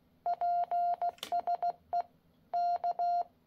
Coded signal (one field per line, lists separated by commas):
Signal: Morse code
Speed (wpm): 16 wpm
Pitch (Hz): 700 Hz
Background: none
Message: PSE K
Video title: IJV Mod UV-K6 ,K6 - MAKE CW KEYER - MORSE code